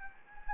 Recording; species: mosquito wingbeat signal from an infrared sensor; Anopheles gambiae